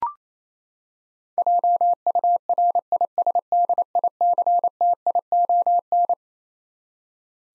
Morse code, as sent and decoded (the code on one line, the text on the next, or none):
.--- ..- .-. .. ... -.. .. -.-. - .. --- -.
JURISDICTION